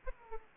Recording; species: mosquito wingbeat signal from an infrared sensor; Aedes aegypti